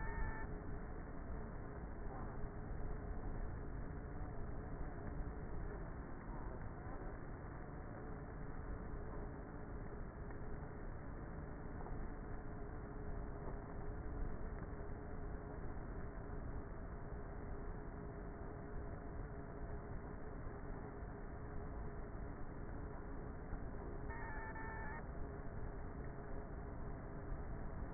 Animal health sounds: honeybee colony, microphone inside the hive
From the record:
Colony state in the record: queenless with a low population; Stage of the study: before two queens were removed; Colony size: about 30,000 bees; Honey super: no

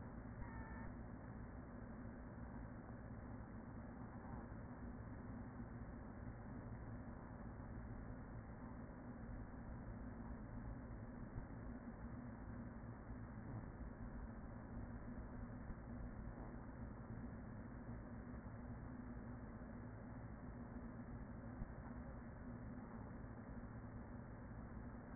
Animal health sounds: honeybee colony, microphone inside the hive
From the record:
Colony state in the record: queen present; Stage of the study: after two queens were removed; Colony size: about 40,000 bees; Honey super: no

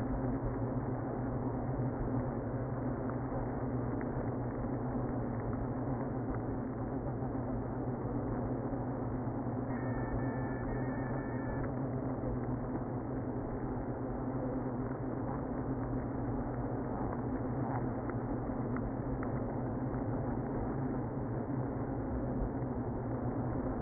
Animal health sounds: honeybee colony, microphone inside the hive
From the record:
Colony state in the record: queenless (queen removed); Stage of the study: after two queens were removed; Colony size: about 60,000 bees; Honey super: yes

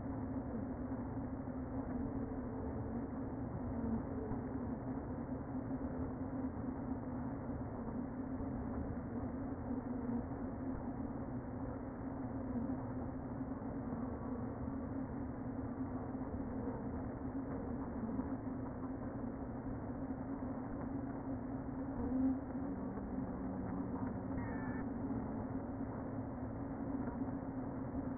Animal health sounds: honeybee colony, microphone inside the hive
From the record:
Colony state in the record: queen present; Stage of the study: before two queens were removed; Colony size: about 60,000 bees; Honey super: yes

